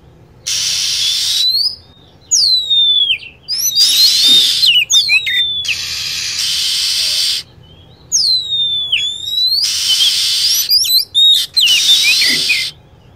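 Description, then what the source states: Lovebird calls: harsh, noisy chatter blocks alternate with clusters of piercing down-swept whistles, repeated several times. Lure sound used to attract lovebirds.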